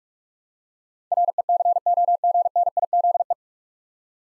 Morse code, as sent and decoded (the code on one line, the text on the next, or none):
.-. . -.-. --- --. -. .. --.. .
RECOGNIZE